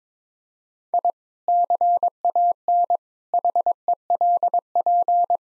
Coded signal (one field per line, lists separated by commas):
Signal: Morse code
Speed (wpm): 22 wpm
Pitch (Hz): 700 Hz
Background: none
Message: I CAN HELP